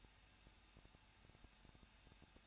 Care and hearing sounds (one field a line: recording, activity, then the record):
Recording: daily activity, microphone in the room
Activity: no activity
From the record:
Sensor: 2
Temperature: 21.0 degrees Celsius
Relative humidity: 37.5%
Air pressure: 1006.3 hPa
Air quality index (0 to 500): 223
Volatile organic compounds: 25 ppm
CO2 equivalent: 2831 ppm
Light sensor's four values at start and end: 2/3/2/2 and 2/3/2/2